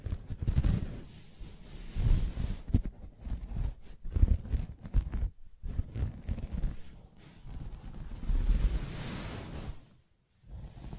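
Soft fabric is tapped and scratched in quick, uneven bursts, mostly dull low thumps and muffled rubbing. The activity runs almost continuously with brief pauses near 5 and 10 seconds, and a brighter, hissier scratch stands out around 8 to 9 seconds.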